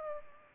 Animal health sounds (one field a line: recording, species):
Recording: mosquito wingbeat signal from an infrared sensor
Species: Culex pipiens